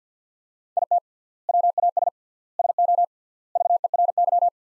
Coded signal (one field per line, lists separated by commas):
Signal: Morse code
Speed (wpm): 50 wpm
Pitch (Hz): 700 Hz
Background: none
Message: IT WAS SO VERY